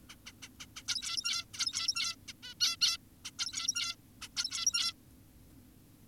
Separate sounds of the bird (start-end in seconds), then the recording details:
0.10-0.16, 0.26-0.32, 0.42-0.49, 0.60-0.66, 0.76-0.83, 0.88-1.45, 1.54-2.16, 2.28-2.33, 2.43-2.54, 2.61-2.76, 2.81-2.98, 3.25-3.31, 3.39-3.96, 4.22-4.28, 4.37-4.93. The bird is an adult. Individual g17y2U